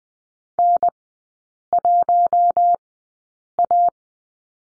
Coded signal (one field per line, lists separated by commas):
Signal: Morse code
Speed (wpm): 20 wpm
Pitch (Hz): 700 Hz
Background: none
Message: N1A